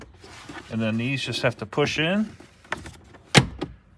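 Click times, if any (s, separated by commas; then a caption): 2.7 s, 3.4 s. After the cabin air filter is replaced on a 2016-2018 HR-V, the plastic glove box side stops are pushed back into the dashboard glove box opening while someone talks. Two sharp plastic snaps ring out at 2.7 s and 3.4 s as the stops seat in place.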